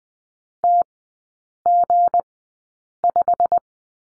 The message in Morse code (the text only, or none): TG5